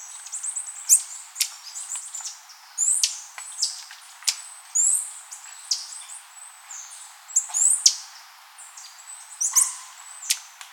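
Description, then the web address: Bird calls: quick high twittering runs and sharp clicks in repeated bursts throughout. "BIRD 2015 SABIOD 50 bird 2015"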